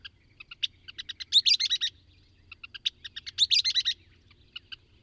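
A bird sings short ticking notes that build into a loud buzzy burst, repeated twice, over a faint low background hum.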